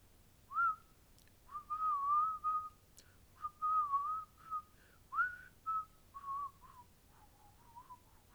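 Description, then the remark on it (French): A person voicing the character Tikaz, arriving from afar, whistles a meandering tune alone, a string of clear, high, wavering notes with short pauses between phrases, some sliding up and down in pitch, fairly loud over a faint low hum. “Alors, j'ai décidé, comme Tikaz, là, il arrive de loin, décidé qu'il arrivait en sifflant.”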